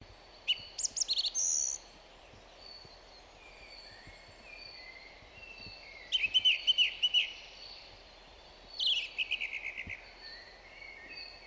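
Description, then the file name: Song thrush singing in three bursts: a rapid chattering phrase, a pause, then repeated clear notes and a rattled phrase, with other faint birds singing in the background. "Zanglijster Turdus philomelos"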